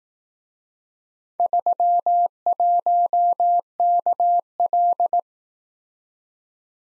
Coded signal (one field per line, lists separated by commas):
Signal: Morse code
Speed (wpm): 18 wpm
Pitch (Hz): 700 Hz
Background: none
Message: 31KL